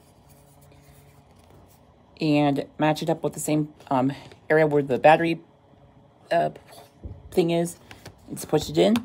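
A plastic battery cover is picked up and lined up with the battery area on the back of a Nokia 2780 mobile phone before being pushed home. Someone talks over faint rubbing and handling sounds. The cover has not snapped into place yet, and no click is heard.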